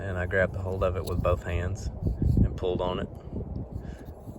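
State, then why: Not seated. A Bosch Spectrum DirectFit 22 C2207 windshield wiper blade installed on a 1999 Sierra Z71 is grabbed with both hands and pulled on to double-check it, with someone talking over faint outdoor wind noise. The blade's connector has not yet seated or clicked onto the wiper arm by the end.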